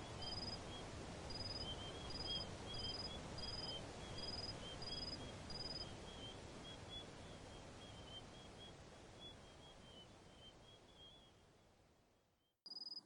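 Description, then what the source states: Cricket chirping: short high chirps repeated about every half second for the first six seconds, then fading into steady hiss. Crickets chirping in a desert.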